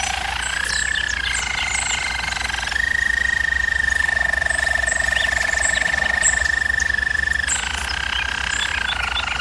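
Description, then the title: German Roller canary holding a long, even rolling trill at steady pitch, flanked by lower rolls; faint high chirps and a constant low hum behind. German Roller canary singing, for canary training. "German Roller Canary Singing - Canary Training Vid"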